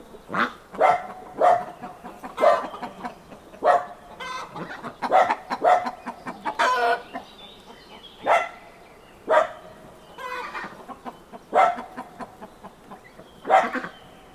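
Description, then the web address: Chicken clucks and squawks at irregular intervals, over steady background noise. Farmyard. "Hollywood Edge Historical Series. Farmyard With Chickens"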